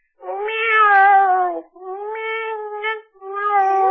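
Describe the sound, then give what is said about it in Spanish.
A person imitates a cat with three long, drawn-out meows in a row, loud and wavering in pitch, with only brief pauses between them and no other talking. “podes facer o gato outra vez, que gustoume moitísimo.”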